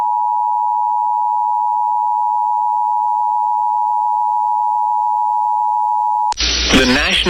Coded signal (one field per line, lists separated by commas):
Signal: Emergency Alert System (SAME) tones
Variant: 853 and 960 Hz attention tone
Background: speech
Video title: ArkLaTex Wants More | EAS Alerts from January 18th, 2023 (EAS #2428-2437)